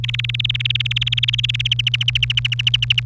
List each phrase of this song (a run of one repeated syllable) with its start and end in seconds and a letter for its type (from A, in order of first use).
0.04-1.74 A, 1.79-3.00 B